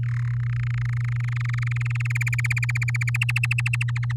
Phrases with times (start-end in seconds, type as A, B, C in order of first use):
0.03-0.29 A, 0.30-2.12 B, 2.15-3.17 C, 3.21-4.12 D